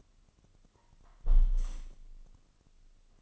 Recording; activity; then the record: daily activity, microphone in the room; close window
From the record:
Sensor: 4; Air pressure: 1005.6 hPa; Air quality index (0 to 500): 93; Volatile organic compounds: 2 ppm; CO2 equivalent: 1148 ppm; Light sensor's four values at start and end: 13/29/11/11 and 12/28/11/11